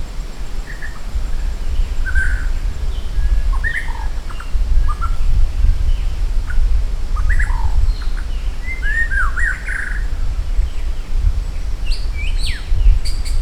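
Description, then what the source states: Maratua shama song: varied short whistled phrases, slurred and rising, scattered throughout with some high thin notes near the end, over steady low rumble. From Maratua.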